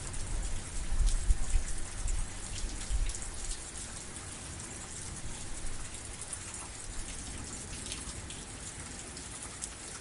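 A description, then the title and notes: Steady, dense rain hisses brightly throughout, with a deeper low rumble swelling in the first three seconds before settling back. Thunderstorm sounds, rain white noise, storm sounds, thunderstorm noises, stormy weather sounds.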